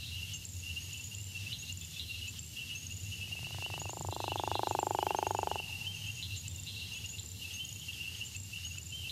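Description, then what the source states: Gopher frog produces one grating snore of about two seconds, rising in loudness then cutting off, while insects trill steadily in the background. Call is a distinctive snore; dry sandy habitats statewide in Florida; breeds in winter and early spring in northern Florida, after heavy rains in May and June in south Florida.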